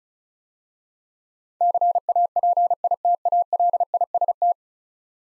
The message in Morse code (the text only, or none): CAPITALIST